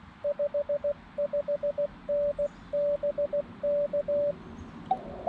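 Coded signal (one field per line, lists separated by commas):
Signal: Morse code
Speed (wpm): 16 wpm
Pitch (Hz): 580 Hz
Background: radio noise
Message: 55N BK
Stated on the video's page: CW during a POTA activation with a Xiegu G90 on a homemade 29-foot vertical antenna.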